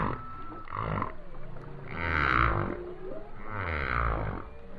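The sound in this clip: Whale song of swelling, wavering moans rising and falling in pitch, with a thin high tone early and broad groans later.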